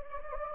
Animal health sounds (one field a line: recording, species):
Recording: mosquito wingbeat signal from an infrared sensor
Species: Anopheles gambiae